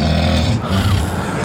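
A low, rough, rattling sound runs through the whole 1.5 seconds, with most of its energy deep in the bass and almost nothing high-pitched. It is the vibration of snoring from an adult man asleep overnight while sleeping out, who snores a lot.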